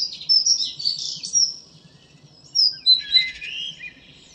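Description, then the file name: Common blackbird phrases: mostly high, thin squeaky twitters with a few lower warbled notes, in two short bursts. "Turdus merula"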